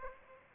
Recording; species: mosquito wingbeat signal from an infrared sensor; Aedes aegypti